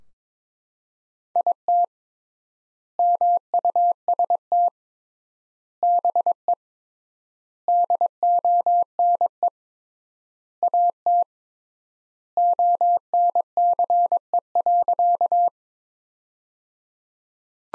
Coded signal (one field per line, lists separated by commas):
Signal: Morse code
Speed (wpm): 22 wpm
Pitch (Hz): 700 Hz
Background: none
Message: IT MUST BE DONE AT ONCE.